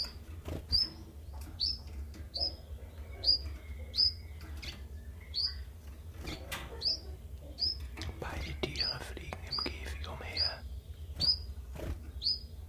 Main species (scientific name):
Phylloscopus collybita